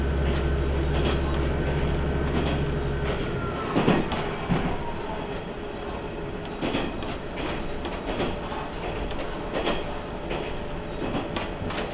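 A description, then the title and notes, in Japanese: A ride aboard a Tenryū Hamanako Railway car, emptier after many passengers got off at Tenryū-Futamata. A low engine drone runs for the first three seconds, then eases as a thin whine slides downward. Sharp wheel clicks keep sounding over a steady rumble. 天竜浜名湖鉄道 天竜二俣→森町病院前→遠江一宮。天竜二俣でかなり降りて空いた車内。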